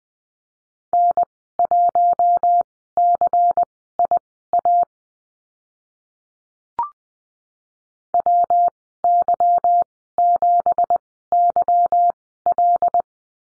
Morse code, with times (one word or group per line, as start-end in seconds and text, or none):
0.9-4.8 N1CIA
8.1-13.0 WY7YL